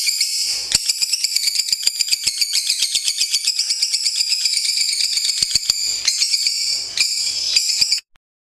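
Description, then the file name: Lovebird giving a long, rapid, high-pitched chattering song that stops abruptly just before the end. Champion bird of a national singing contest. "Suara Lovebird Juara Lomba Nasional Madonna"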